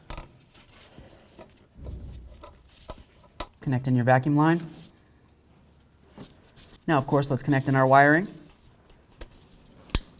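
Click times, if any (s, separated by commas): 10.0 s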